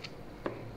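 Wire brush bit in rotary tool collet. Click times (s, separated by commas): 0.1 s, 0.5 s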